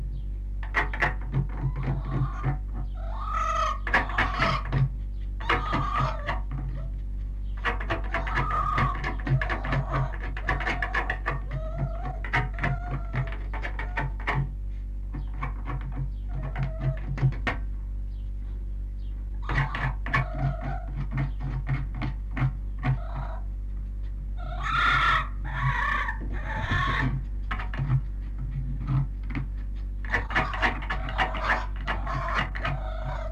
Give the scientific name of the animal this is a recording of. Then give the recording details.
Vulpes vulpes. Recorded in captivity. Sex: male. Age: juvenile. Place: Zoologisches Institut der HUB, Berlin, DE. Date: 1958-06-14. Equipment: Smaragd. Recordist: Tembrock, Günter